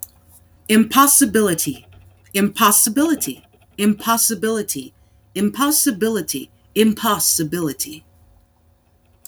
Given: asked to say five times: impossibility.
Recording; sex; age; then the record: repeated word; female; 30 to 39 years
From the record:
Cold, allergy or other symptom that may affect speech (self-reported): no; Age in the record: 38 years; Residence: United States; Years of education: 16